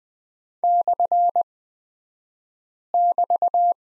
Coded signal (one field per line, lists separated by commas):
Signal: Morse code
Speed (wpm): 20 wpm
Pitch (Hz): 700 Hz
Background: none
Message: /<BT>